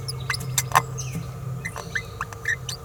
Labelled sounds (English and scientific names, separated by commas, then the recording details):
Green-rumped Parrotlet (Forpus passerinus) babbling
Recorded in a nest box in Venezuela
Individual 18B17A4